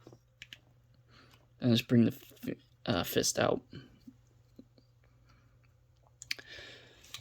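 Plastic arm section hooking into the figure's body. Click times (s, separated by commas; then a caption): 0.4 s, 0.5 s. On a Zeta Toys Silver Arrow (Silverbolt) Superitron Mini 3/6 transforming robot figure, the plastic arm and torso section is brought down at an angle and its small rear hook tab is engaged. The front snaps into place with sharp clicks at 0.4 s and 0.5 s, and the arm panel is seated. Someone talks, and more clicks and handling sounds follow around 6.2 to 6.3 s.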